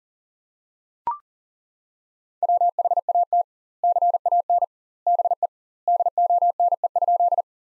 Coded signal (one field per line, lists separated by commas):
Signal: Morse code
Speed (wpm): 37 wpm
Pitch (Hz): 700 Hz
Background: none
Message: WHAT CAN BE DONE?